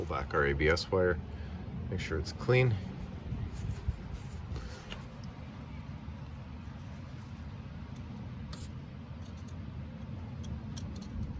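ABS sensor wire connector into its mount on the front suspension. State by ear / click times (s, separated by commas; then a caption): not seated / none. Someone talks while the ABS sensor wire is pulled back and cleaned during a front strut replacement on a 2004-2013 Mazda3 done with a strut spreader tool. Quiet handling noise and a few faint sharp ticks follow as the wire's plastic connector clip is brought toward its mount on the front suspension at the strut/knuckle area. Nothing has seated or clicked yet.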